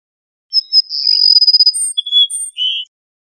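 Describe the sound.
Cassin's sparrow song: brief high whistles lead into a fast, buzzy trill, then a couple of sharp high notes and a lower closing whistle.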